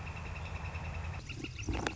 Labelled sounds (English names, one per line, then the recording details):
Northern Flicker
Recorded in Sonoma County, California